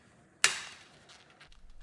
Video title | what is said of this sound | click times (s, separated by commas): takajarrujen asennus | What a satisfying click. | 0.4 s